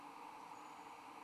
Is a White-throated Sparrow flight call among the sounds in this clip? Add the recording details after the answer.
no. No flight call is heard. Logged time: 05:52 on 13 December 2014